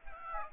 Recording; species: mosquito wingbeat signal from an infrared sensor; Aedes aegypti